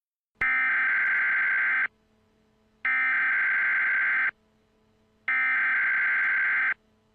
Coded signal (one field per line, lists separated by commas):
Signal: Emergency Alert System (SAME) tones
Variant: header bursts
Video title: EAS Scenario: Team Flare's Attack on Kalos